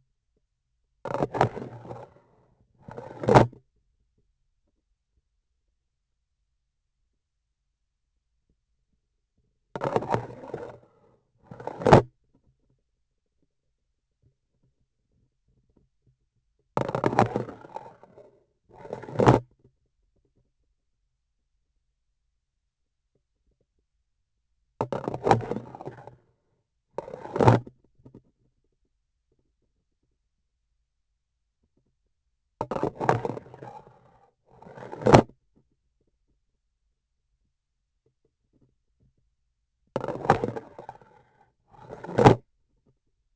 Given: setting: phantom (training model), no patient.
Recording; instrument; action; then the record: laparoscopic instrument, vibration sensor on the handle end; grasping forceps; insertion and removal through the trocar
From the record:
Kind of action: spatial motion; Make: other than Olympus